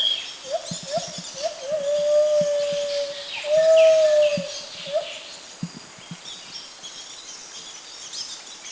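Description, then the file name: White-handed gibbon call: a few short rising hoots build into long, even sustained notes, then a final short whoop before the calling fades. Southern Thailand. "White-handed Gibbon Tone Pariwat"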